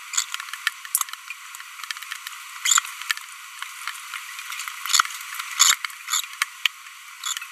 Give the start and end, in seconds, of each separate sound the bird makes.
2.65-2.79, 5.60-5.74, 7.24-7.33